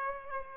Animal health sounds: mosquito wingbeat signal from an infrared sensor; Aedes aegypti

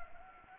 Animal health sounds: mosquito wingbeat signal from an infrared sensor; Anopheles gambiae

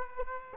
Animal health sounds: mosquito wingbeat signal from an infrared sensor; Aedes aegypti

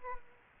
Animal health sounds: mosquito wingbeat signal from an infrared sensor; Aedes aegypti

